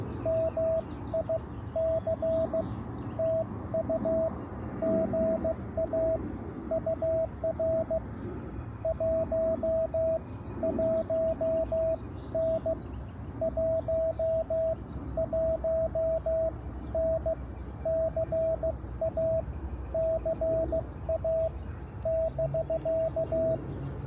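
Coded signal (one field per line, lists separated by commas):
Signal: Morse code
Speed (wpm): 16 wpm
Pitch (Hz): 650 Hz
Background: radio noise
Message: MI C TU GA UR 1 1 N 1 1 N CA CA <BK>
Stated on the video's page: Park activation.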